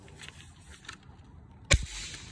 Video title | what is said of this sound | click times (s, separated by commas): INNOVV K7 Install on BMW R1300GS | And then you get a good solid click when that is back in place. | 1.7 s